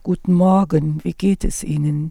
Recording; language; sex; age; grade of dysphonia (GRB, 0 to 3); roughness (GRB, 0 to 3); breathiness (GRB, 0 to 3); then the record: spoken sentence; German; female; 50 to 59 years; 1; 0; 1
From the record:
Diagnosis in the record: functional dysphonia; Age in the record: 58 years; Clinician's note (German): Psychogene Komponente